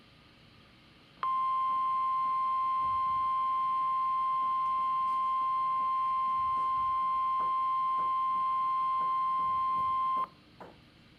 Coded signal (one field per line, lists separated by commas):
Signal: Emergency Alert System (SAME) tones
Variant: 1050 Hz attention tone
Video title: AT THE WORKPLACE- MPX Required Weekly Test on July 21, 2021 (EAS #94)